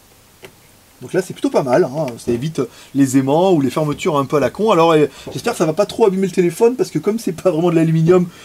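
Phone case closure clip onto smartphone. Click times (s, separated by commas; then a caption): 0.4 s. The top flap of a Noreve leather case for a Samsung S5 is closed and its clip-style closure, used instead of magnets, snaps onto the phone body with a short tick at 0.4 s. Afterward, someone talks for the rest of the clip. The closure is seated.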